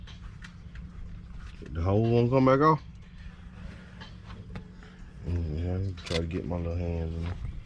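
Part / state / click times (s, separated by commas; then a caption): fitting or connector pushed onto its mate on a truck / not seated / none. Working by hand in a cramped spot on a 2014 Freightliner Cascadia during an inverter install, a fitting or connector is being pushed onto its mate. Someone talks over a low steady hum while faint handling ticks come and go. Nothing has seated or clicked yet.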